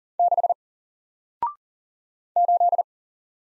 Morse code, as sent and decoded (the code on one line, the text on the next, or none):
-.... / ---..
6 8